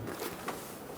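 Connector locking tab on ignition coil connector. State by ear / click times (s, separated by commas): not seated / none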